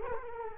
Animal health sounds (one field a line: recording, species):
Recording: mosquito wingbeat signal from an infrared sensor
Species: Culex quinquefasciatus